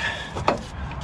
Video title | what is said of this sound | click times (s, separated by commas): VLOG 565: PART 1 - new brakes! | we go and it locks into place | 0.5 s